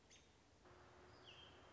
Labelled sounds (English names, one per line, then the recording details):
American Robin
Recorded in Sonoma County, California